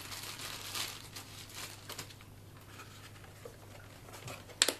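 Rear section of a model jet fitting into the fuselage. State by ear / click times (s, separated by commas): seated / 4.6 s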